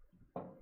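A metal screw is turned anticlockwise against a threaded standoff in a PC case until it drops into the start of the thread. A faint click is heard at 0.4 s, marking the small bump as the screw seats in the thread. It can then be screwed in.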